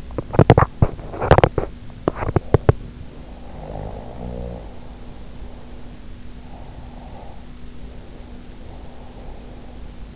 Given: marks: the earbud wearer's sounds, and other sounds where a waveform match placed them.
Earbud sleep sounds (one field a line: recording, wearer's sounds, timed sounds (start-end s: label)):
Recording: sounds in sleep by an in-ear microphone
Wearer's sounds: teeth grinding, snoring breath, breath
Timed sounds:
0.02-2.90 s: teeth grinding
3.01-6.09 s: snoring breath
6.34-10.15 s: breath